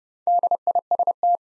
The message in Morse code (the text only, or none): DIST